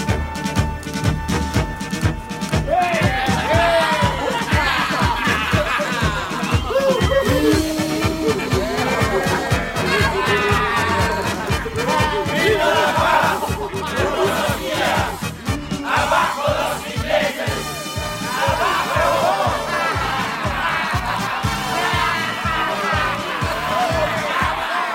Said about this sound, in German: Klingt nicht wie ein Willkommen. Was bedeutet dieses Geschrei? Das Gekritzel an der Mauer da? Es bedeutet, lang lebe der Frieden für ein paar Tage. Nieder mit den Engländern.